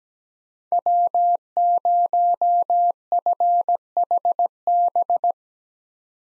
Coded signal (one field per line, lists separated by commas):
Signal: Morse code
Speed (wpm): 17 wpm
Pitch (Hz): 700 Hz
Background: none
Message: W0FHB